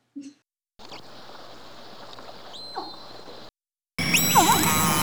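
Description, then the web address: Killer whale calls: a brief sound at the start, a faint call within a hissing stretch, then several bright harmonic swooping calls near the end. "Nora Learning Orca Calls"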